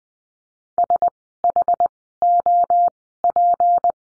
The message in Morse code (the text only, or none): SHOP